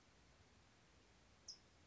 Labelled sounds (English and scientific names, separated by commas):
California Towhee (Melozone crissalis)